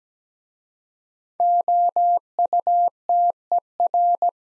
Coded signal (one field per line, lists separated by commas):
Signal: Morse code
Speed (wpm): 17 wpm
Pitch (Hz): 700 Hz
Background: none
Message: OUTER